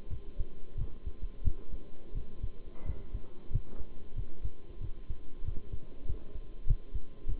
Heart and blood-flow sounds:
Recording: heart sounds by stethoscope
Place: between the tricuspid and mitral areas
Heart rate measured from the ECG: 92 bpm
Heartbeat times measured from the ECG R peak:
0.10 s: heartbeat
0.77 s: heartbeat
1.43 s: heartbeat
2.14 s: heartbeat
2.85 s: heartbeat
3.51 s: heartbeat
4.16 s: heartbeat
4.80 s: heartbeat
5.43 s: heartbeat
6.05 s: heartbeat
6.66 s: heartbeat
7.26 s: heartbeat
From the record:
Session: bicycle stress test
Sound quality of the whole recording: good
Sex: male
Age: 23 years

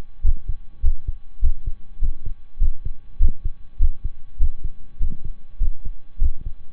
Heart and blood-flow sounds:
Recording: heart sounds by stethoscope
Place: between the tricuspid and mitral areas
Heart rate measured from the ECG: 101 bpm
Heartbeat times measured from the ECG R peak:
0.23 s: heartbeat
0.82 s: heartbeat
1.41 s: heartbeat
2.01 s: heartbeat
2.60 s: heartbeat
3.19 s: heartbeat
3.79 s: heartbeat
4.39 s: heartbeat
5.00 s: heartbeat
5.60 s: heartbeat
6.20 s: heartbeat
From the record:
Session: slow and fast walking with breaks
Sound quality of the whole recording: saturated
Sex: male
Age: 25 years

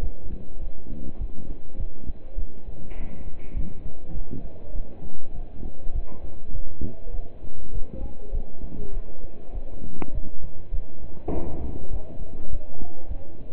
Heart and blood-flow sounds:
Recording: heart sounds by stethoscope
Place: between the tricuspid and mitral areas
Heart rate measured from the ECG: 101 bpm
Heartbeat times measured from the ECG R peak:
0.03 s: heartbeat
0.62 s: heartbeat
1.20 s: heartbeat
1.79 s: heartbeat
2.38 s: heartbeat
2.97 s: heartbeat
3.56 s: heartbeat
4.16 s: heartbeat
4.75 s: heartbeat
5.35 s: heartbeat
5.95 s: heartbeat
6.54 s: heartbeat
7.14 s: heartbeat
7.74 s: heartbeat
8.34 s: heartbeat
8.94 s: heartbeat
9.54 s: heartbeat
10.14 s: heartbeat
10.73 s: heartbeat
11.33 s: heartbeat
11.92 s: heartbeat
12.52 s: heartbeat
13.11 s: heartbeat
From the record:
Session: pedaling a stationary bicycle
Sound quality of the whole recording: partially saturated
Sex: male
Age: 27 years

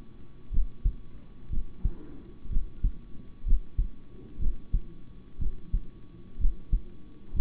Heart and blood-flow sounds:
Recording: heart sounds by stethoscope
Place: between the tricuspid and mitral areas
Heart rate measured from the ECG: 62 bpm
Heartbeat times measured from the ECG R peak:
0.50 s: heartbeat
1.49 s: heartbeat
2.49 s: heartbeat
3.44 s: heartbeat
4.38 s: heartbeat
5.38 s: heartbeat
6.38 s: heartbeat
7.33 s: heartbeat
From the record:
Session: rest, sitting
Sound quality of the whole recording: good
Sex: male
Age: 26 years

